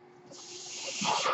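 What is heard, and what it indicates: A soft, steady airy hiss builds in loudness over about a second, with no voice. It is the sound of air from a home mechanical ventilator, used by the person it belongs to, running in the background.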